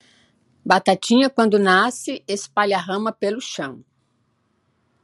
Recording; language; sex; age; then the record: short text; Brazilian Portuguese; female; 60 to 69 years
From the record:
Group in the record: control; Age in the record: 69 years